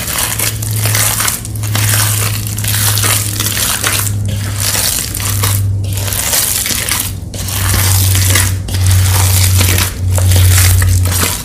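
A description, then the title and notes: Gym chalk is crushed into liquid in a steel bowl, dense gritty crunching in bursts over a steady low hum, with brief pauses. Crushing gym chalk into Pinesol. Mixing the paste, and reforming into crispy dusty reformed gym chalk shapes.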